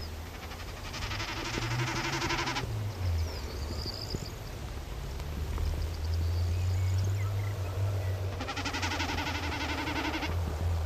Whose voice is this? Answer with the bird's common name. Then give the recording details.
Common Snipe. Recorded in the wild. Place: Schweinsberg, DE. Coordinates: 50.765, 8.9675. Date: 1964-04-22. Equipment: Uher Report 4000, AKG D190. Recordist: Krey, Winfried. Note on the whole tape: Ticken, Meckern